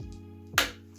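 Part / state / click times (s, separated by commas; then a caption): RAM module into motherboard DIMM slot / seated / 0.6 s. A RAM module is pressed down on its other end into a motherboard DIMM slot, and the second slot clip snaps closed with a sharp click at 0.6 s, seating the module. Someone talks, and a steady low hum runs underneath throughout.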